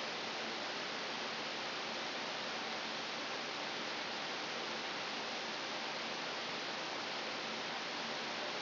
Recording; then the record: brain microelectrode recording played as sound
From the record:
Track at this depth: inside the subthalamic nucleus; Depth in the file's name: 1.352 mm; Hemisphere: right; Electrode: 3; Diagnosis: Parkinson's disease